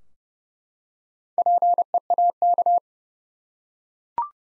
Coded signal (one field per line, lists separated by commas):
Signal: Morse code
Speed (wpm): 29 wpm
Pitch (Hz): 700 Hz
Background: none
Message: PEAK